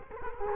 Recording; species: mosquito wingbeat signal from an infrared sensor; Culex quinquefasciatus